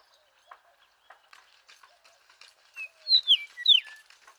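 Eastern meadowlark singing a short run of clear, slurred whistles falling in pitch, after scattered faint chirps.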